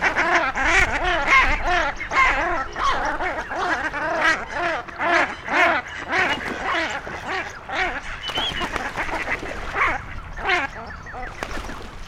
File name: Squabbling Shell Ducks